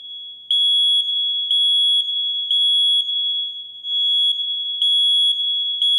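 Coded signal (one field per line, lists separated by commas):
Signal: alarm pattern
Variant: smoke detector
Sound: loud shrill high-pitched alarm beeping repeatedly with barely any gaps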